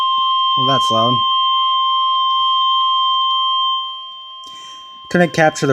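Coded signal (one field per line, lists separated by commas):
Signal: Emergency Alert System (SAME) tones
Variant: 1050 Hz attention tone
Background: speech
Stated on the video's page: Flash flood warning on NOAA Weather Radio station.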